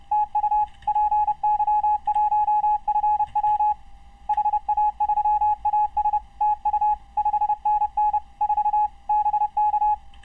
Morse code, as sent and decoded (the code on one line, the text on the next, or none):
- ..- / .--. -.-- .---- ..-. .-- / .... .- ...-- .- ... / - ..- / ..... -. -. / ....- / -... -.-
TU PY1FW HA3AS TU 5NN 4 BK